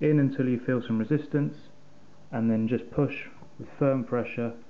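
A laptop memory module (SO-DIMM) is slid into its RAM slot in a 2008–2009 MacBook until resistance is felt, with firm pressure about to be applied across the back edge from either side. Someone talks throughout, with no distinct click or impact sounds. Nothing has seated or clicked yet; the module is not yet home.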